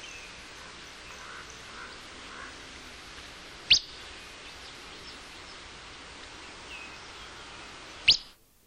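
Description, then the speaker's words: Willow Flycatcher whit calls: two crisp, quick rising notes roughly four seconds apart against a soft hiss of background noise. Whits recorded in the Verde Valley, central Arizona; whits vary considerably and serve as communication between paired birds and as alarm calls. "By contrast, these whits were recorded in the Verde Valley in central Arizona."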